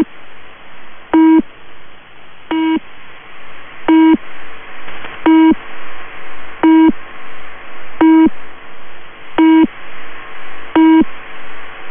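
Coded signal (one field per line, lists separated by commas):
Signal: channel marker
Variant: UVB-76 Low Pip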